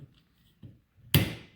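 A new wiper blade's plastic adapter is laid down onto the metal wiper arm hook of a 2019 Toyota Highlander during a wiper replacement. After a quiet stretch with a soft thump near 0.6 s, a single loud click at 1.1 s rings out and decays. The blade is seated on the arm.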